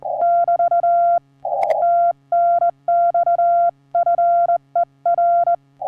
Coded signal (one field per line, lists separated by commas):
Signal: Morse code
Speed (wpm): 15 wpm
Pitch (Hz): 690 Hz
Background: none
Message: <BT> TNX FER